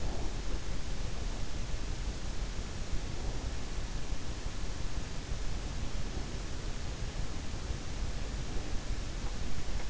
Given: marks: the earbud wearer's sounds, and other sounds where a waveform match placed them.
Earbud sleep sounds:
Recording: sounds in sleep by an in-ear microphone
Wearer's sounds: breath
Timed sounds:
0.00-0.77 s: breath

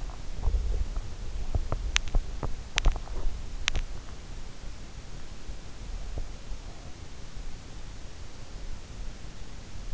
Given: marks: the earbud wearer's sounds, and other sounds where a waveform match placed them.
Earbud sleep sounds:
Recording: sounds in sleep by an in-ear microphone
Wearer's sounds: teeth grinding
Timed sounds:
0.00-4.34 s: teeth grinding

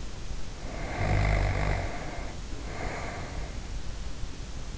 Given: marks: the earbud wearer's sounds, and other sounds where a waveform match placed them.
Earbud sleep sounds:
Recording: sounds in sleep by an in-ear microphone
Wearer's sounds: snoring breath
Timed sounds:
0.62-3.77 s: snoring breath

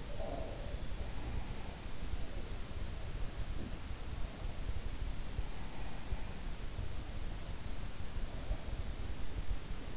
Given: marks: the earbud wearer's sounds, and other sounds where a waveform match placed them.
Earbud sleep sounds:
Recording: sounds in sleep by an in-ear microphone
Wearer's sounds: breath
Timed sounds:
0.00-1.09 s: breath

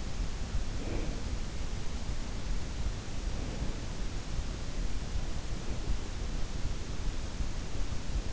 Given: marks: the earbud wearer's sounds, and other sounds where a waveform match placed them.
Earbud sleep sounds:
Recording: sounds in sleep by an in-ear microphone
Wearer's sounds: breath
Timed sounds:
0.61-1.84 s: breath
2.81-4.17 s: breath

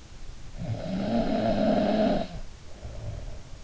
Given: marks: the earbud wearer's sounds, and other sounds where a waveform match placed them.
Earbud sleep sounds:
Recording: sounds in sleep by an in-ear microphone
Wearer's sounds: snoring breath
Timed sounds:
0.55-3.35 s: snoring breath

